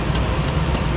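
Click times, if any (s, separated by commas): none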